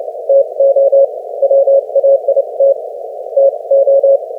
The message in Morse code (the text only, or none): TO WAIT TO